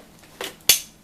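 A male connector on a cordless vacuum attachment is pushed into the female socket on the vacuum. A softer contact noise at about 0.4 s is followed by a sharp, loud click at 0.7 s as the connector snaps home and seats.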